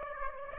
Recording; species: mosquito wingbeat signal from an infrared sensor; Aedes aegypti